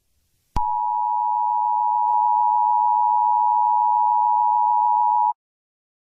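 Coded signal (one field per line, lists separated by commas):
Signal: Emergency Alert System (SAME) tones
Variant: 853 and 960 Hz attention tone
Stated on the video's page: Fictional EAS scenario about exploding batteries; simulated.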